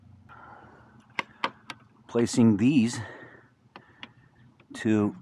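Someone talks while handling the Fang LED headlight bezel for a Street Glide, lining its mounting pins up with the rubber grommets on the motorcycle front end. Sharp little ticks sound at about 1.2, 1.4 and 1.7 seconds, with fainter ones near 3.8 and 4.0 seconds. Nothing has seated or clicked into the grommets yet.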